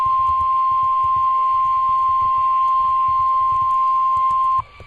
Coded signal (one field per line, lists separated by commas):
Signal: Emergency Alert System (SAME) tones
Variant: 1050 Hz attention tone